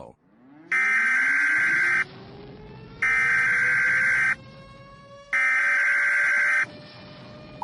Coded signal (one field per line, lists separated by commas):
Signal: Emergency Alert System (SAME) tones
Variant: header bursts